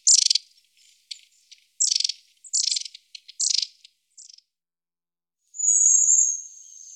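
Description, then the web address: Long-tailed tit bursts of sharp high notes and quick stuttering calls, then a drawn-out thin, high call near the end. "IVN Zangvogels. Staartmees"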